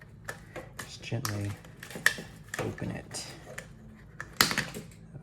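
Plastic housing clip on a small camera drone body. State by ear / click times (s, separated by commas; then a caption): released / 4.4 s. Someone talks while gently prying open the plastic housing of a DJI Mini 2 camera drone with a screwdriver, with small scraping clicks along the way. A loud snap at 4.4 s marks the housing clip letting go, and the shell is released open.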